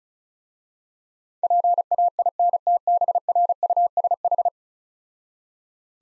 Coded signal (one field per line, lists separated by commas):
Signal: Morse code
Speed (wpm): 36 wpm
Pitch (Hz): 700 Hz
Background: none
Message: PAINTBRUSH